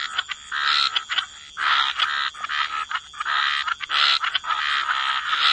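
Frogs call in a busy chorus of loud rasping croaks, bursts running into one another with brief lulls, over a faint high whine.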